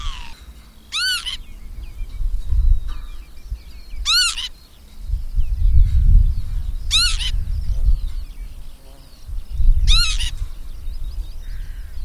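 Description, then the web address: Bird calls, four loud, arched, ringing notes spaced about three seconds apart, with faint twitters between and deep rumbling noise below. "madarak enek"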